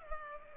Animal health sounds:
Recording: mosquito wingbeat signal from an infrared sensor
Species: Culex pipiens

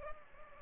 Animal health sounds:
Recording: mosquito wingbeat signal from an infrared sensor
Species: Culex pipiens

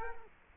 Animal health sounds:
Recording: mosquito wingbeat signal from an infrared sensor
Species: Culex quinquefasciatus

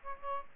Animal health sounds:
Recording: mosquito wingbeat signal from an infrared sensor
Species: Aedes aegypti

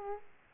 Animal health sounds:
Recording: mosquito wingbeat signal from an infrared sensor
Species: Aedes aegypti

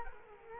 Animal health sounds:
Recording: mosquito wingbeat signal from an infrared sensor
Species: Culex quinquefasciatus

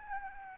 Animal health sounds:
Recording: mosquito wingbeat signal from an infrared sensor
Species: Aedes albopictus

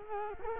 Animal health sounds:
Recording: mosquito wingbeat signal from an infrared sensor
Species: Culex quinquefasciatus

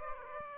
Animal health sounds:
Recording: mosquito wingbeat signal from an infrared sensor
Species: Aedes aegypti

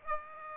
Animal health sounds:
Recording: mosquito wingbeat signal from an infrared sensor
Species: Aedes aegypti

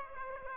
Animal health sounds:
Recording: mosquito wingbeat signal from an infrared sensor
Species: Aedes aegypti

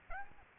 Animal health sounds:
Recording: mosquito wingbeat signal from an infrared sensor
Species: Aedes aegypti

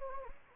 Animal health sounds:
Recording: mosquito wingbeat signal from an infrared sensor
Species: Anopheles gambiae

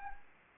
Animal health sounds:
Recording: mosquito wingbeat signal from an infrared sensor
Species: Anopheles arabiensis

